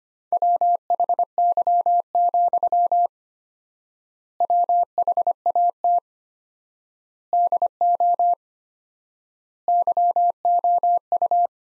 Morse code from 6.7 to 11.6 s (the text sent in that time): DO YOU